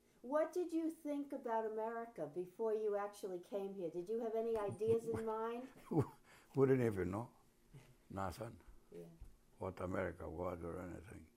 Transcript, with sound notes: What did you think about America before you actually came here? Did you have any ideas in mind?
[Chuckles] We didn't even know nothing.
Yeah.
What America was or anything